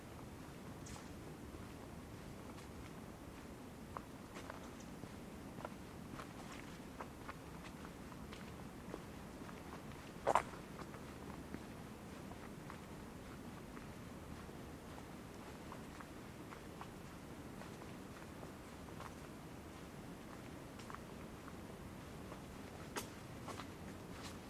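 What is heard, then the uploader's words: Winter forest park ambience: a steady low rumble and hiss runs throughout, with scattered faint clicks and ticks. Near ten seconds a sharper, louder crack stands out, and a few light taps, possibly footsteps, recur around it. Forest Park in Winter.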